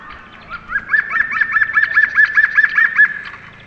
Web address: Picus viridis